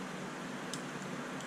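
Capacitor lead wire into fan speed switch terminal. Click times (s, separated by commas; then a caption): 0.7 s. A purple capacitor lead wire (position 3) is pushed into the push-in terminal of a ceiling fan speed switch during a capacitor replacement. Over a steady low hum, one short, sharp click is heard at 0.7 s as the wire seats in the terminal.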